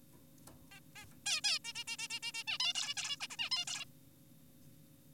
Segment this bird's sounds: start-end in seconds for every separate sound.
0.72-0.80, 0.96-1.06, 1.26-1.41, 1.44-1.59, 1.65-1.73, 1.75-1.84, 1.88-1.97, 1.99-2.08, 2.10-2.20, 2.23-2.32, 2.34-2.44, 2.48-2.58, 2.60-2.73, 2.75-2.95, 2.97-3.17, 3.21-3.27, 3.30-3.36, 3.39-3.50, 3.52-3.65, 3.68-3.85